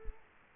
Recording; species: mosquito wingbeat signal from an infrared sensor; Culex quinquefasciatus